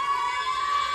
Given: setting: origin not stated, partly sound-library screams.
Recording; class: one-second piece from a danger detection set; woman in danger